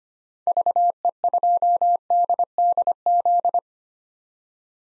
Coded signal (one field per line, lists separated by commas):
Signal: Morse code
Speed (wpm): 25 wpm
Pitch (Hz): 700 Hz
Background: none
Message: VE2DDZ